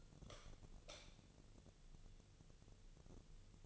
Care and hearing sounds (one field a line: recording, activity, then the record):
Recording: daily activity, microphone in the room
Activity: light on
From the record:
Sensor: 4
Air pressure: 1000.8 hPa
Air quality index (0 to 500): 126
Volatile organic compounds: 1 ppm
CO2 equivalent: 946 ppm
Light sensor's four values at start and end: 37/89/37/41 and 39/99/41/45